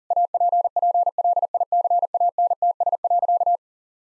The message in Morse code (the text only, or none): APPLICANTS.